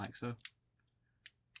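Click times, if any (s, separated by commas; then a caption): 1.6 s. Someone talks briefly while the folding rail-gun/wing section of a metal and plastic Metal Build Freedom Gundam Concept 2 action figure (2020) is collapsed back into its default folded, stowed position on the figure's backpack. A few faint ticks and a sharper tick at 1.3 s follow, and the section snaps back into place with a crisp click at 1.6 s.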